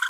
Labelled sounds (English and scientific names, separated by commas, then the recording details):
Green-rumped Parrotlet (Forpus passerinus) babbling
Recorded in a nest box in Venezuela
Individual 18B25A4